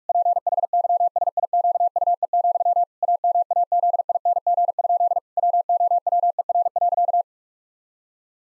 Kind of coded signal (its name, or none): Morse code